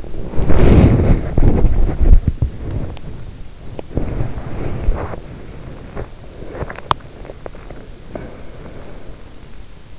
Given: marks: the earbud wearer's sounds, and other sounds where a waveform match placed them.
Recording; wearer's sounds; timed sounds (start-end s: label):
sounds in sleep by an in-ear microphone; body movement, breath
0.00-9.27 s: body movement
8.05-9.84 s: breath